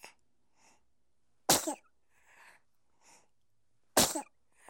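Two sharp, explosive sneezes from a baby, about two and a half seconds apart, each preceded by soft quick inhalations. High-pitched bursts typical of an infant sneezing, a common reflex that clears the nose.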